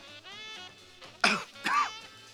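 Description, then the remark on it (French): Two sharp, raspy coughs of an engine that coughs but does not start, in quick succession, the second harsher and longer, following a stretch of soft, steady tonal humming in the background. “Ils toussent, mais ne démarrent pas.”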